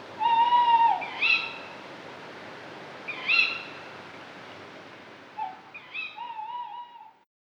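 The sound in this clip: Tawny owl giving a long wavering note, then hooked calls, ending in a quavering, warbling phrase.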